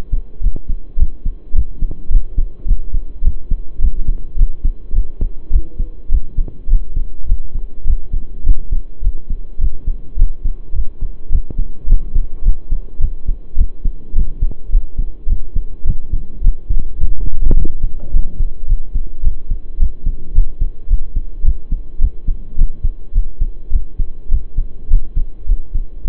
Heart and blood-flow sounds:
heart sounds by stethoscope; between the tricuspid and mitral areas; 105 bpm
0.42 s: heartbeat
0.98 s: heartbeat
1.54 s: heartbeat
2.10 s: heartbeat
2.66 s: heartbeat
3.23 s: heartbeat
3.80 s: heartbeat
4.37 s: heartbeat
4.94 s: heartbeat
5.51 s: heartbeat
6.10 s: heartbeat
6.69 s: heartbeat
7.27 s: heartbeat
7.86 s: heartbeat
8.45 s: heartbeat
9.02 s: heartbeat
9.60 s: heartbeat
10.17 s: heartbeat
10.74 s: heartbeat
11.31 s: heartbeat
11.88 s: heartbeat
12.44 s: heartbeat
13.00 s: heartbeat
13.57 s: heartbeat
14.14 s: heartbeat
14.71 s: heartbeat
15.28 s: heartbeat
15.85 s: heartbeat
16.42 s: heartbeat
16.99 s: heartbeat
17.55 s: heartbeat
18.12 s: heartbeat
18.67 s: heartbeat
19.23 s: heartbeat
19.78 s: heartbeat
20.34 s: heartbeat
20.89 s: heartbeat
21.44 s: heartbeat
22.00 s: heartbeat
22.57 s: heartbeat
23.13 s: heartbeat
23.71 s: heartbeat
24.30 s: heartbeat
24.89 s: heartbeat
25.47 s: heartbeat
26.05 s: heartbeat
From the record:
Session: pedaling a stationary bicycle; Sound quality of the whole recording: saturated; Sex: male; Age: 23 years

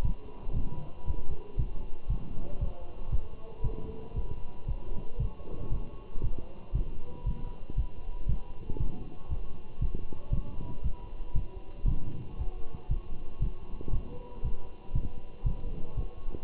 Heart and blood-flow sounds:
heart sounds by stethoscope; between the tricuspid and mitral areas; 117 bpm
0.05 s: heartbeat
0.56 s: heartbeat
1.08 s: heartbeat
1.59 s: heartbeat
2.10 s: heartbeat
2.61 s: heartbeat
3.12 s: heartbeat
3.64 s: heartbeat
4.16 s: heartbeat
4.68 s: heartbeat
5.20 s: heartbeat
5.72 s: heartbeat
6.23 s: heartbeat
6.75 s: heartbeat
7.26 s: heartbeat
7.78 s: heartbeat
8.29 s: heartbeat
8.80 s: heartbeat
9.31 s: heartbeat
9.82 s: heartbeat
10.33 s: heartbeat
10.84 s: heartbeat
11.36 s: heartbeat
11.88 s: heartbeat
12.39 s: heartbeat
12.91 s: heartbeat
13.42 s: heartbeat
13.93 s: heartbeat
14.44 s: heartbeat
14.95 s: heartbeat
15.46 s: heartbeat
15.97 s: heartbeat
From the record:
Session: walking at 3.7 km/h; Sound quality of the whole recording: good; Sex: male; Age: 27 years

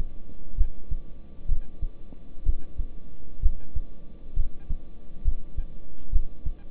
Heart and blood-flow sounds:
heart sounds by stethoscope; between the tricuspid and mitral areas; 65 bpm
0.55 s: heartbeat
1.46 s: heartbeat
2.43 s: heartbeat
3.40 s: heartbeat
4.34 s: heartbeat
5.22 s: heartbeat
6.10 s: heartbeat
From the record:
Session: rest, lying down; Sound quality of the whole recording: good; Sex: male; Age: 26 years

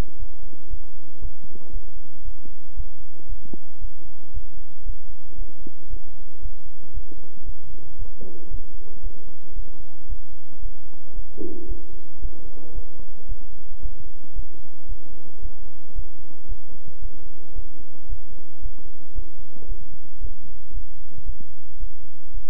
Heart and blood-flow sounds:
heart sounds by stethoscope; between the tricuspid and mitral areas; 114 bpm
0.17 s: heartbeat
0.68 s: heartbeat
1.19 s: heartbeat
1.71 s: heartbeat
2.23 s: heartbeat
2.75 s: heartbeat
3.27 s: heartbeat
3.79 s: heartbeat
4.32 s: heartbeat
4.84 s: heartbeat
5.36 s: heartbeat
5.88 s: heartbeat
6.40 s: heartbeat
6.92 s: heartbeat
7.44 s: heartbeat
7.96 s: heartbeat
8.49 s: heartbeat
9.01 s: heartbeat
9.54 s: heartbeat
10.07 s: heartbeat
10.60 s: heartbeat
11.13 s: heartbeat
11.67 s: heartbeat
12.20 s: heartbeat
12.73 s: heartbeat
13.27 s: heartbeat
13.80 s: heartbeat
14.33 s: heartbeat
14.87 s: heartbeat
15.40 s: heartbeat
15.93 s: heartbeat
16.47 s: heartbeat
17.00 s: heartbeat
17.54 s: heartbeat
18.07 s: heartbeat
18.60 s: heartbeat
19.13 s: heartbeat
19.66 s: heartbeat
20.19 s: heartbeat
20.71 s: heartbeat
21.23 s: heartbeat
21.78 s: heartbeat
22.32 s: heartbeat
From the record:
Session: bicycle stress test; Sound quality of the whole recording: good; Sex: male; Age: 26 years

